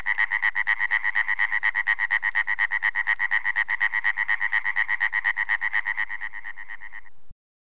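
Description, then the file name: European tree frog calling in a long, rapid train of rasping pulses, evenly spaced and steady, only slightly quieter in the last second before stopping abruptly. "løvfrø"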